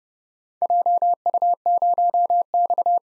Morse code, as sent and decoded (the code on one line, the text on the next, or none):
.--- ..- ----- -..-
JU0X